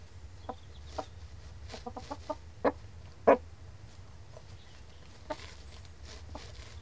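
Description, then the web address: Chickens scratching, with sharp irregular ticks and scrapes and a few soft clucks scattered throughout over a steady low hum. Chickens scratching; livestock. "The BBC Sound Effects Library Livestock Chickens Scratching"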